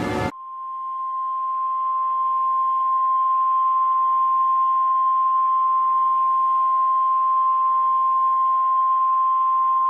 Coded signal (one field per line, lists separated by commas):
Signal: Emergency Alert System (SAME) tones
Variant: 1050 Hz attention tone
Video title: Annoying Goose #6: A World of EAS Scenarios